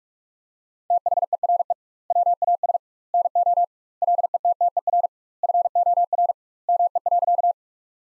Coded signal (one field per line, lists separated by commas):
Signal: Morse code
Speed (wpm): 41 wpm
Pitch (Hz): 700 Hz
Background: none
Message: THERE WAS NO LETTER FOR ME.